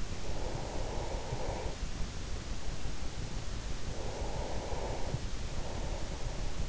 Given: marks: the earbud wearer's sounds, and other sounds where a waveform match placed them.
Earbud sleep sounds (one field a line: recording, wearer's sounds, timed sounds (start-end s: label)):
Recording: sounds in sleep by an in-ear microphone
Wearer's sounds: breath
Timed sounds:
0.00-3.07 s: breath
3.71-6.55 s: breath